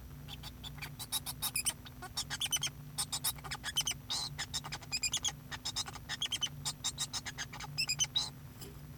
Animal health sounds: song of a male Bengalese finch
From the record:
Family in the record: son of father 2

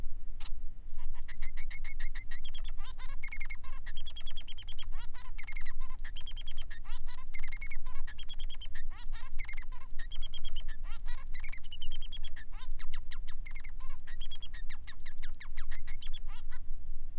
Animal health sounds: song of a male Bengalese finch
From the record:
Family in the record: son of father 3

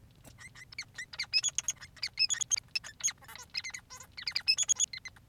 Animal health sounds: song of a male Bengalese finch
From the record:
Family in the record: son of father 3

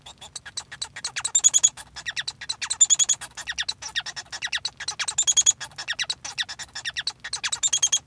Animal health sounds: song of a male Bengalese finch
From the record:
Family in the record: son of father 1

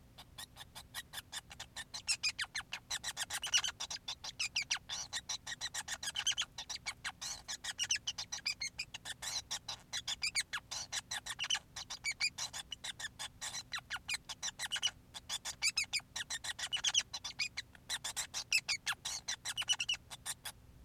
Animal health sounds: song of a male Bengalese finch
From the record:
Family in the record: son of father 5

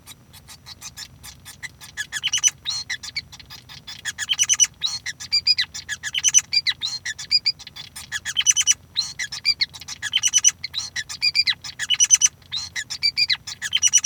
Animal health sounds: song of a male Bengalese finch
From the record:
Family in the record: son of father 5

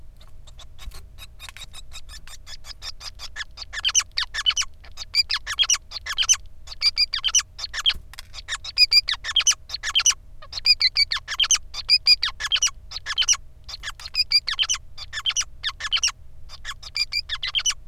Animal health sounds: song of a male Bengalese finch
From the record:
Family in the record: son of father 5

